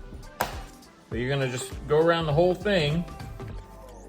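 On an Asus TUF Gaming FX705DT laptop, the plastic bottom cover is worked around the edge of the chassis and pressed gently, without hard pressure. One snap clip engages with a sharp click at 0.4 s, seating the case clip into the chassis. Someone then talks.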